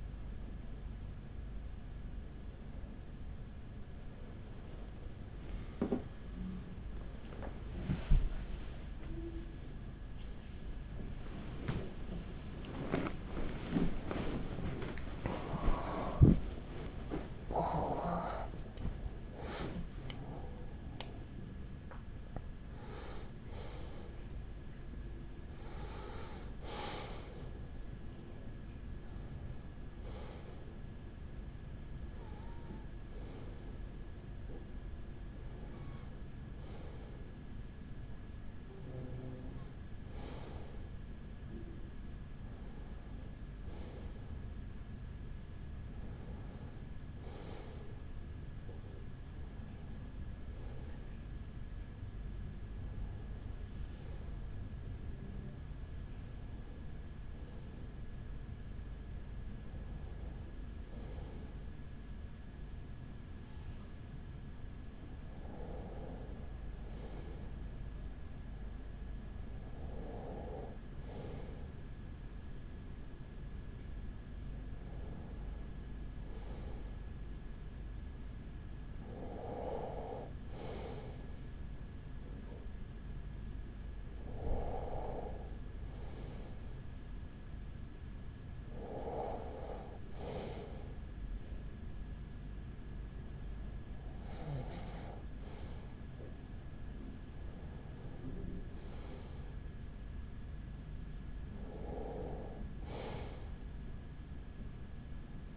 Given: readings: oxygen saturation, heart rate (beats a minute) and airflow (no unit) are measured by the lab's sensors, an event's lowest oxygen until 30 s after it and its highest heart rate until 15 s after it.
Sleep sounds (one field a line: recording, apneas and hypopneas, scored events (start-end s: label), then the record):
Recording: a person awake in a sleep study, by a smartphone at the bedside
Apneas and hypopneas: 1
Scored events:
0.00-55.00 s: awake
36.00-99.20 s: hypopnea (scored as awake, oxygen 97% highest, then 94% lowest, heart rate 48 at the start, 49 highest)
53.00-105.57 s: new sleep stage, N1 (lightest sleep)
From the record:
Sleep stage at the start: awake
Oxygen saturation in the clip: 94 to 98%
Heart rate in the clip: 40 to 78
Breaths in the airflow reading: 26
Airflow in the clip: -7.2 to 10.3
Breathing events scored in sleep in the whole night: 207 in 7.6 hours asleep